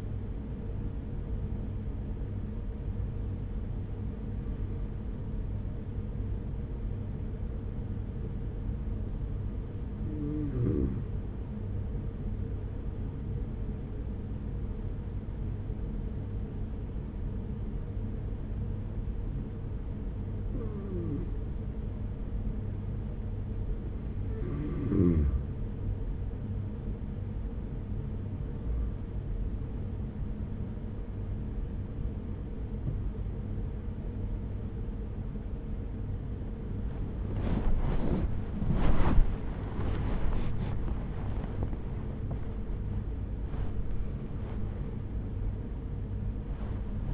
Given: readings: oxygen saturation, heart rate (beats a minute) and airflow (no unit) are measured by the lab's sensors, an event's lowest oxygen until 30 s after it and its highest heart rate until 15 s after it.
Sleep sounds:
breathing in sleep by a smartphone at the bedside; 1
8.00-38.00 s: hypopnea (N2, oxygen 94% highest, then 93% lowest, heart rate 43 at the start, 77 highest)
43.00-47.14 s: new sleep stage, N1 (lightest sleep)
From the record:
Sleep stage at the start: N2 (light sleep); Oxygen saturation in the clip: 93 to 94%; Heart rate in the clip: 42 to 77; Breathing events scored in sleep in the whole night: 210 in 6.9 hours asleep

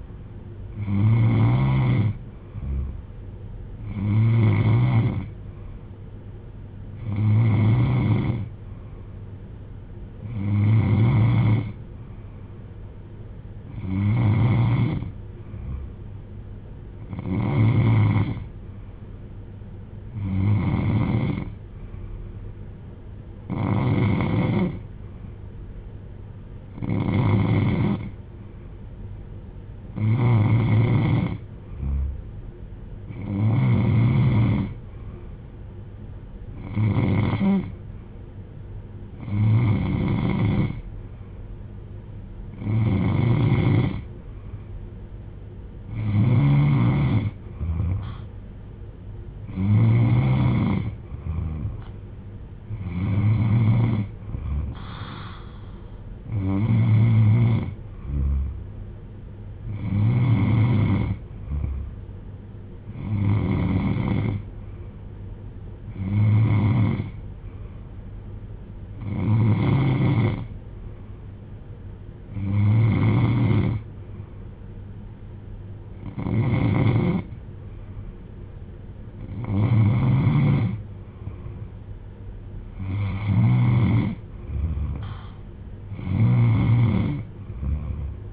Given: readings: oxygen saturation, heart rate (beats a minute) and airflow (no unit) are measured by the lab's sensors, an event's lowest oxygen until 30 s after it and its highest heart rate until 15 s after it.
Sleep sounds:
breathing in sleep by a smartphone at the bedside; none
none scored
From the record:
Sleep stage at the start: N3 (deep sleep); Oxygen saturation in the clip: 92 to 94%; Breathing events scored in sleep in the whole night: 310 in 8.1 hours asleep

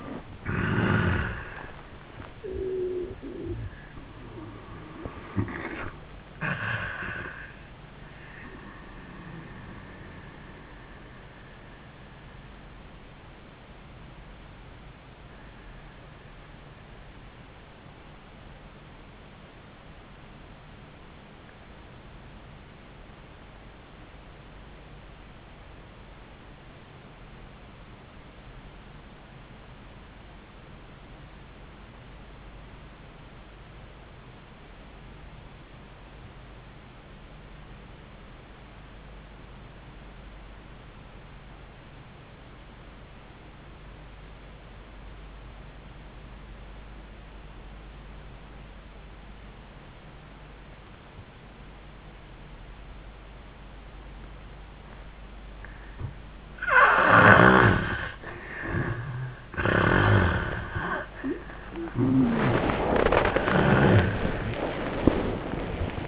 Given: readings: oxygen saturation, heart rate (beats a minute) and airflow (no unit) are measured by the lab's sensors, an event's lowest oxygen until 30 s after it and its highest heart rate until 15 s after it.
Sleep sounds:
breathing in sleep by a voice recorder at the bedside; 1
17.00-57.20 s: obstructive apnea (REM, oxygen 96% highest, then 69% lowest, heart rate 73 at the start, 101 highest)
35.00-66.08 s: new sleep stage, N1 (lightest sleep)
From the record:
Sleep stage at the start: REM sleep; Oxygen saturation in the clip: 69 to 96%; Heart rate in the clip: 70 to 93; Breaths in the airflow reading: 5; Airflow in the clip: -35.5 to 14.3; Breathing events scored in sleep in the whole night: 400 in 8.7 hours asleep

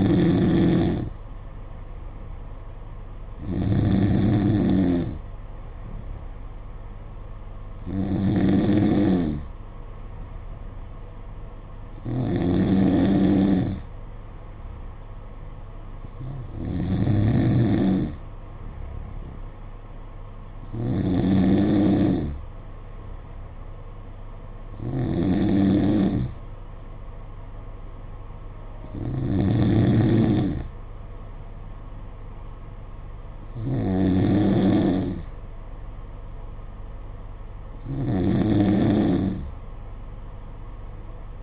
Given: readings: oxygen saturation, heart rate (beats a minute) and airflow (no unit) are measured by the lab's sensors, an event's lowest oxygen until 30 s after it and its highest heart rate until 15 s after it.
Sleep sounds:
breathing in sleep by a smartphone at the bedside; none
none scored
From the record:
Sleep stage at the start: N2 (light sleep); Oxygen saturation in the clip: 92 to 93%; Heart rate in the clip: 53 to 56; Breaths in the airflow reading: 10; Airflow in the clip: -4.8 to 4.3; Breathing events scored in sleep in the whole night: 476 in 9.7 hours asleep

